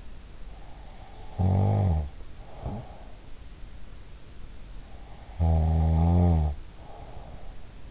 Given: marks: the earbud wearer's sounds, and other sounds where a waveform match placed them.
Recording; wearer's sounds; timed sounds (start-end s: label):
sounds in sleep by an in-ear microphone; snoring breath
1.17-3.34 s: snoring breath
5.10-7.90 s: snoring breath